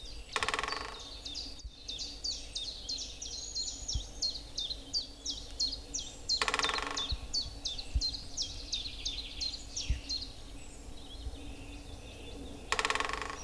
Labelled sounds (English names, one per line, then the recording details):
Common Chiffchaff
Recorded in the wild
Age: adult
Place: Müggelsee, Berlin, DE
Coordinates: 52.43, 13.64
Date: 1990-04-29 09:00
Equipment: Uher 4400 Report Monitor, Sennheiser ME 80, K 30 AV
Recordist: Fischer, Stefan